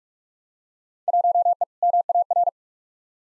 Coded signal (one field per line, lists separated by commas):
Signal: Morse code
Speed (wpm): 42 wpm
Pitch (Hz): 700 Hz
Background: none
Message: 1E MAR